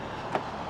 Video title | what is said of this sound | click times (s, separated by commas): Will a 100 mile EPA rated EV make it to Packwood and back? | There it goes, there's a click, and there's the green light, guys. | 0.4 s